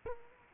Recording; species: mosquito wingbeat signal from an infrared sensor; Culex quinquefasciatus